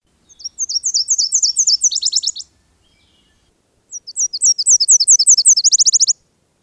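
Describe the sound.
Nashville Warbler song sung twice: a series of high two-part notes, then a faster dry trill at the end of each phrase.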